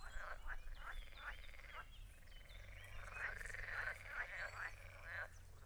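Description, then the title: Frogs croaking in a chorus of repeated pulsed calls, several calls overlapping. Frog chorus at a castle. "Schloss Tornow Froschkonzert mit Kuckuck"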